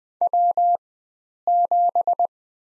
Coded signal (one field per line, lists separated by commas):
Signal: Morse code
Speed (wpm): 21 wpm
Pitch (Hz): 700 Hz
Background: none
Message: W7